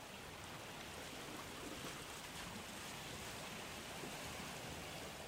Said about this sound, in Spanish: empieza así, con el agua, tan suavecita que parece que no hay nada. Pero sí que está, ¿eh? Es como cuando tú chapoteas ahí en la orilla.